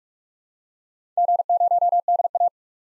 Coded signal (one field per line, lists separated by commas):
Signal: Morse code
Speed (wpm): 43 wpm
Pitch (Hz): 700 Hz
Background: none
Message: G0DA